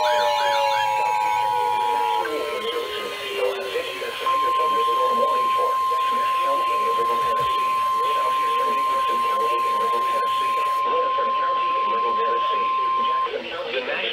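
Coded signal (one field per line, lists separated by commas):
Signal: Emergency Alert System (SAME) tones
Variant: 853 and 960 Hz attention tone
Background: speech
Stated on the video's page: Severe thunderstorm warnings, tornado warnings and tornado watches received from NOAA weather radio.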